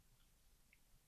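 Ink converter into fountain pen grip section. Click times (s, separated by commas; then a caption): 0.7 s. A piston ink converter is pushed onto the nib and grip section of an Esterbrook fountain pen. A single faint click is heard at 0.7 s as the converter seats into the grip section.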